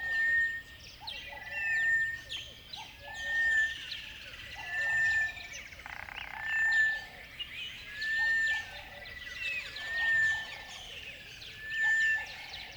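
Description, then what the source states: Bird chorus where a pure whistled note repeats regularly, layered over busy twittering and lower warbling phrases from other birds. Birds singing at dawn in a river bed.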